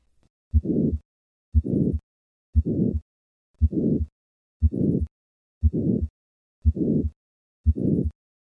Recorded at the fourth left intercostal space. This systolic murmur, which radiates widely across the precordium, is typical of hypertrophic cardiomyopathy. This systolic murmur is actually a summation of two murmurs, an ejection murmur secondary to muscular obstruction of the left ventricular outflow tract, and a regurgitation murmur due to systolic anterior motion of the mitral valve.